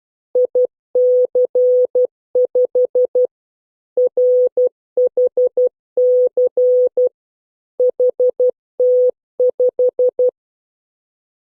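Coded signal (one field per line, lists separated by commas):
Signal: Morse code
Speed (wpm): 12 wpm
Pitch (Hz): 500 Hz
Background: none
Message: IC5 RHC HT5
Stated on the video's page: Morse code class recording.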